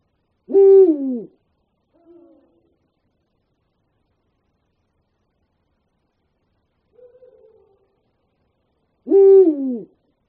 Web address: ptici sova buhal